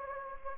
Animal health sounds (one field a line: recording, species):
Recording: mosquito wingbeat signal from an infrared sensor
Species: Anopheles gambiae